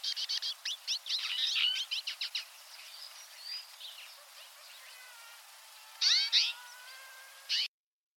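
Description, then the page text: Twite calls from a flock: a rapid run of dry chattering notes, then quieter drawn-out nasal notes and two brief twittering bursts. A small flock. "Чечетка горная (Acanthis flavirostris ) - Стайка"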